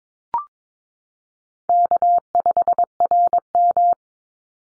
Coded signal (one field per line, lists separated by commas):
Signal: Morse code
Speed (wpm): 22 wpm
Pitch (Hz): 700 Hz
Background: none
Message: K5RM